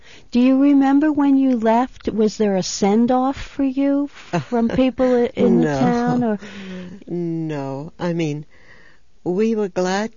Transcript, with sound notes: Do you remember when you left was there a send-off for you...
( she laughs ) No.
From people in the town?
No, I mean, we were glad.